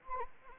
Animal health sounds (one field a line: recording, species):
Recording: mosquito wingbeat signal from an infrared sensor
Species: Anopheles arabiensis